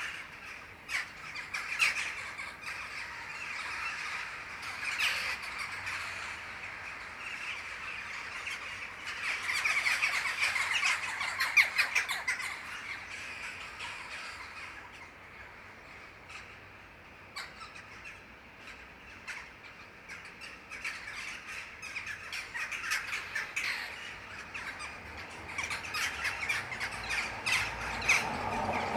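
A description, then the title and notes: A flock of jackdaws chatters almost nonstop, sharp overlapping calls swelling in busier bursts every few seconds against a quiet outdoor background. Untitled [Jackdaws, mainly]. The jackdaws were so good this afternoon. I do feel pretty lucky to hear this territorial racket any day i'm around near sunset.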